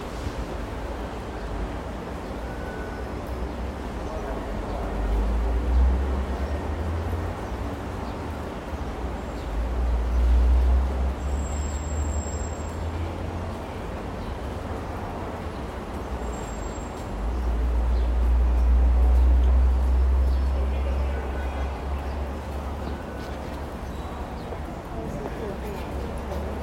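A metro train runs with a steady, deep rumble that swells louder around 6, 11 and 18–21 seconds. Brief thin, high squeals cut through near 12 and 16 seconds, over a constant hiss of motion.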